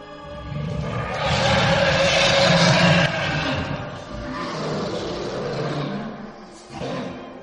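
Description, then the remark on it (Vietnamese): Loud, rumbling roars from several monstrous spirit beasts locked together in a fight overlap and surge in waves, swelling for a few seconds, dipping, then flaring again in a snarling burst near the end. “Những con thô linh quấn chặt lấy nhau mà gầm thét, khiến cho âm binh tướng sĩ mấy bên bị đánh giạt ra.”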